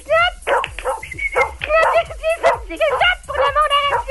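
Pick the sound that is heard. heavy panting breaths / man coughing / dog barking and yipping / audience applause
dog barking and yipping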